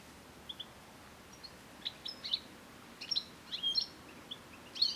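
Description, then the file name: European goldfinch calls: short, high, sparse chirps and tinkling notes scattered throughout, some in quick pairs, over a faint steady hiss. "Carduelis carduelis"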